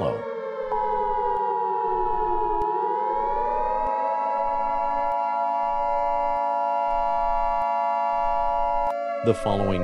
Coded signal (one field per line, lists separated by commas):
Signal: Emergency Alert System (SAME) tones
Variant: 853 and 960 Hz attention tone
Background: speech